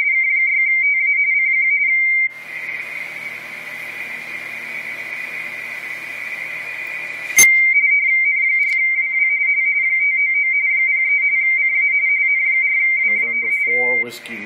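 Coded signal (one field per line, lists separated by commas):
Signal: RTTY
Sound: steady high tone, then rapid warbling between two close tones, brief voice at end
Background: radio static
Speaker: 599 in california calling cq again november 4 whiskey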